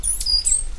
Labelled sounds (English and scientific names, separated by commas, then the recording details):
Stitchbird (Notiomystis cincta) song
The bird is a male
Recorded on Tiritiri Matangi Island, New Zealand, in 2005
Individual 8, of nest box 10